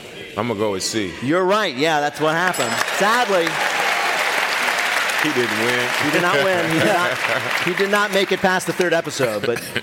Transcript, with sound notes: I'm going to go with C.
You're right. Yeah, that's what happened.
(SOUNDBITE OF BELL)
Sadly...
(APPLAUSE)
He didn't win.
He did not win.
(Laughter).
He did not make it past the third episode,